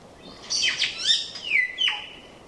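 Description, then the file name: Tooth-billed bowerbird giving a loud burst of harsh, varied notes: chattering sweeps followed by two clear descending whistled slurs, all high-pitched. "Scenopoeetes Dentirostris"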